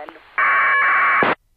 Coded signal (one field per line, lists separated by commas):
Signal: packet radio (AX.25, as in APRS)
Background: speech